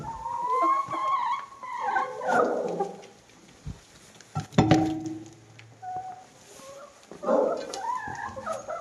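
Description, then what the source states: Chicken clucking in loose bursts with quiet gaps, a sharp knock midway, and more clucks near the end. Hens clucking while eating in the recordist's own henhouse.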